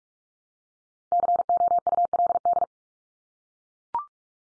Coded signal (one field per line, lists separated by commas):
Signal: Morse code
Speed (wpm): 44 wpm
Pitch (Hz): 700 Hz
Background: none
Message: COULD